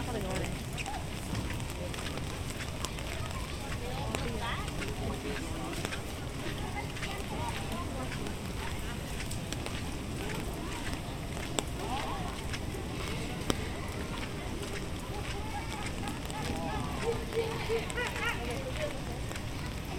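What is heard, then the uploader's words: A walk through Animal Kingdom park brings a steady wash of crowd chatter and rumbling noise, with scattered clicks and brief voices rising throughout. Take a walk through Animal Kingdom park in Walt Disney World.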